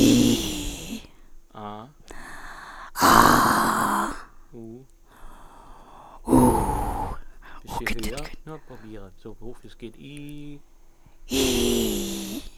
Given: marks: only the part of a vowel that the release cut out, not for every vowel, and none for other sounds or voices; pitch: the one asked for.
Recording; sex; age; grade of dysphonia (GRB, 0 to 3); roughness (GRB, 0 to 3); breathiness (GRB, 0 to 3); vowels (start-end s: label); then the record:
sustained vowels; female; 60 to 69 years; 3; 3; 2
0.00-0.52 s: vowel /i/, normal pitch
3.20-3.92 s: vowel /a/, normal pitch
11.40-12.01 s: vowel /i/, high pitch
From the record:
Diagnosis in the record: leukoplakia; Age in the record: 67 years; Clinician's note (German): Beidseitig, Zustand nach zweimaliger Abtragung